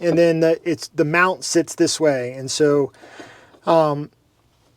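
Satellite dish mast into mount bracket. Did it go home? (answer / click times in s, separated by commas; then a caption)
no / none. Someone talks while handling a Starlink dish mast and the wedge mount bracket it slides into, showing which way the mount sits. Nothing has seated or clicked yet; the clip ends just before the mast goes home in the bracket.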